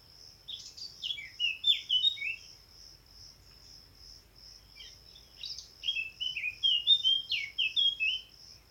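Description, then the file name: Eurasian blackcap song: two lively phrases of sweet, tumbling whistled notes separated by a pause, with a high, even insect pulsing in the background. "Sylvia atricapilla"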